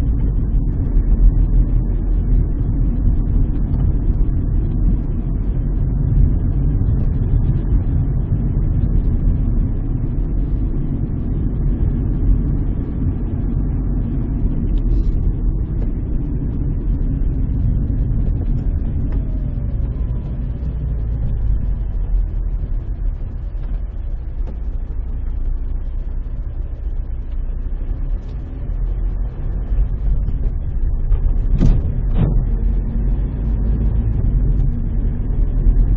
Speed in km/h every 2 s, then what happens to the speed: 32, 32, 32, 35, 34, 30, 35, 32, 25, 17, 9, 6, 8, 9, 11, 17, 25, 30.
0-14 steady at about 32. 14-23 slows to 6. 23-36 speeds up to 30.